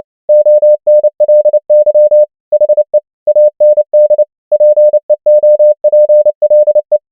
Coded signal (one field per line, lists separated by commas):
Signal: Morse code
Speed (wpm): 29 wpm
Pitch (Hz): 600 Hz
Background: none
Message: ONLY HE AND PEOPLE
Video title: morse code practice | 29wpm | 100 most common words | ENGLISH